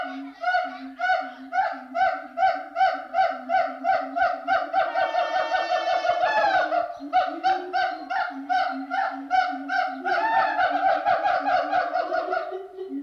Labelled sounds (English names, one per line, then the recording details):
Siamang
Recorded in captivity
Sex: pair
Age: adult
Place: Zoo Berlin, Berlin, DE
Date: 1989-04-18
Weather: diesig, 4-7°C
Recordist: Tembrock, Günter